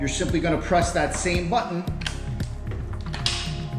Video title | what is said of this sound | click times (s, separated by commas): The Shark Cordless Pro Vacuum Review | and it's going to click into place | 3.3 s